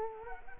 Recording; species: mosquito wingbeat signal from an infrared sensor; Culex quinquefasciatus